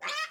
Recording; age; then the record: pig call; piglet (1 to 25 days)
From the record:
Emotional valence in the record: negative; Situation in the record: restrain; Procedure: in the arms of a person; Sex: male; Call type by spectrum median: low-frequency call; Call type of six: high-frequency stable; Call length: 0.31 s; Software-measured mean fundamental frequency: 242 Hz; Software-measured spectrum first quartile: 1496 Hz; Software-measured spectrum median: 2254 Hz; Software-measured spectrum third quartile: 3484 Hz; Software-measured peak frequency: 1251 Hz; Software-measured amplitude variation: 116 dB a second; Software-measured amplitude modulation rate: 14.4 a second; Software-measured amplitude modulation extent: 8.1 dB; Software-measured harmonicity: 6.0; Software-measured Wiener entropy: -1.94